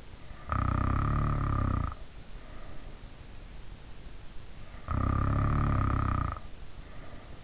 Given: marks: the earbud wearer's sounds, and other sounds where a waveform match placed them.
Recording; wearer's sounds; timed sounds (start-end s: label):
sounds in sleep by an in-ear microphone; snoring breath
0.41-2.98 s: snoring breath
4.70-7.44 s: snoring breath